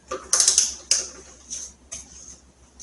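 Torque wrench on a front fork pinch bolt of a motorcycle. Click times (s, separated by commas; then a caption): 0.3 s, 0.9 s. A click-type torque wrench tightens a front fork pinch bolt on the steel triple tree of a Road King motorcycle. Sharp mechanical clicks are heard at 0.3 s and 0.9 s, with quieter ratcheting sounds around them. The wrench clicks at its torque setting, confirming the bolt is tightened.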